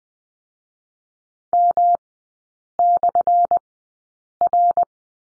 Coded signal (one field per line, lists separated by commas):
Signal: Morse code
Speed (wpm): 20 wpm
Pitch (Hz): 700 Hz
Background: none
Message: M/R